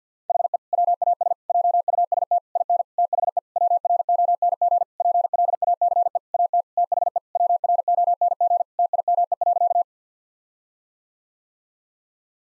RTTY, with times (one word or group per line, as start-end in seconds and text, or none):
none